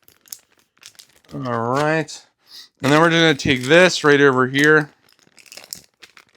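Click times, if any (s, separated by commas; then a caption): 5.5 s, 5.6 s, 5.7 s, 6.0 s, 6.2 s. A plastic sealing clip is run along the zip closure of a vacuum storage bag for the tightest seal, while someone talks over light crinkling and soft ticks. After the talking stops, a quick run of sharp clicks comes at 5.5, 5.6, 5.6, 5.7, 6.0 and 6.2 seconds as the clip gives its extra click, and the zip is sealed.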